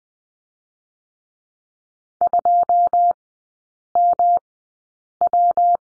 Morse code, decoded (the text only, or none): 2MW